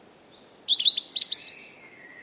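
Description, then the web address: European robin song phrase: a burst of high, tinkling notes followed by a thin, sustained whistle that slowly falls in pitch, over faint low background noise. "Deverinetal 2025 File origin Bird Only Er Ru"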